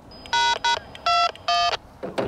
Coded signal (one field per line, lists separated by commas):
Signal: DTMF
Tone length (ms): 230 ms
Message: ##21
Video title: Best Roll Up J-Pole, Slim Jim VHF/UHF Antenna? Ed Fong Vs. RadioWavz Tested